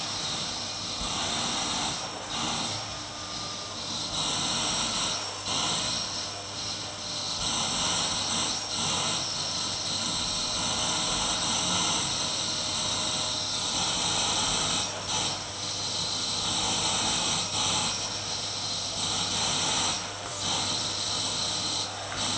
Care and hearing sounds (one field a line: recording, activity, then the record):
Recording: daily activity, microphone in the room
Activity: vacuum cleaning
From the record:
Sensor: 3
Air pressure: 991.8 hPa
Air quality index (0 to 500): 196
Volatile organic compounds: 1000 ppm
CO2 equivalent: 6627 ppm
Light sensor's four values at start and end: 17/54/21/19 and 29/88/36/30